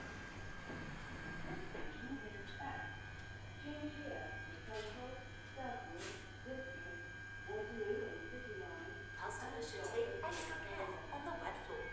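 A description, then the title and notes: An empty Underground train hums steadily with a thin high whine, while muffled voices murmur throughout and sharp rattles hit around six and ten seconds. I recorded the sound of an empty Underground train and it made me feel a bit weird and spooky. I made sure I travelled late, about 10pm. I decided to bring along a handheld recording device and sit there recording the noise.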